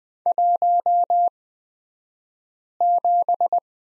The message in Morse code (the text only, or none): 17